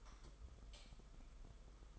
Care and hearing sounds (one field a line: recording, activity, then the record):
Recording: daily activity, microphone in the room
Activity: light off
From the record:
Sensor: 5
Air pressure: 991.1 hPa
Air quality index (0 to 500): 109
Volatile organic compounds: 25 ppm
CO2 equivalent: 2828 ppm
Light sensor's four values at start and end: 19/48/19/21 and 19/46/18/20